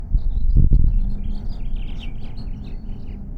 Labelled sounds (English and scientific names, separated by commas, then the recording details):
House Finch (Haemorhous mexicanus) song
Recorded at Oceanside on Long Island, New York, on 17 June 1975
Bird G